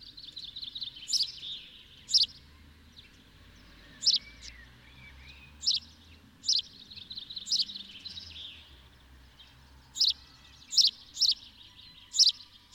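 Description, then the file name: House sparrow chirps repeated every second or two over steady low rumbling background noise, with fainter twittering in places. "Passer domesticus"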